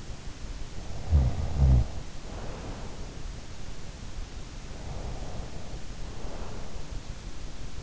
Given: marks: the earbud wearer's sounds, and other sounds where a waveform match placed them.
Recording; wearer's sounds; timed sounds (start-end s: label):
sounds in sleep by an in-ear microphone; snoring breath, breath
0.80-3.03 s: snoring breath
4.52-6.98 s: breath